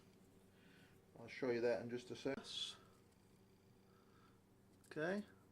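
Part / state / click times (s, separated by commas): snap closure stud pressed into its socket on a product (item not named; possibly a cut-resistant item) / not seated / none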